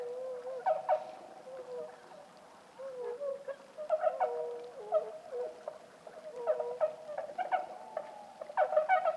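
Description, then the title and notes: Bewick's swans giving soft honking and crooning notes, some drawn out and slightly rising, scattered through a low hiss. About forty birds calling softly at a night roost, Lac du Der, Champagne, France, 6 January 2019, after 2 a.m., in fog and light drizzle; sentinels take turns; MKH20 pair and Nagra Seven. "Lac du DER. Cygnes de Bewick (Cygnus bewicki)"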